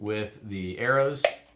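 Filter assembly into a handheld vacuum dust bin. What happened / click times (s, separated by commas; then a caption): The filter assembly is being handled but is not yet seated / none. Someone talks while lining up a refilled filter assembly with the arrows before pushing it into a handheld cordless vacuum's dust bin, and a short sharp handling sound comes at about 1.2 s. Nothing has seated or clicked into place yet.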